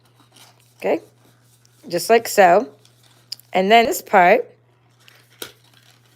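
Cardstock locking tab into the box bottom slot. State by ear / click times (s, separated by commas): seated / 5.4 s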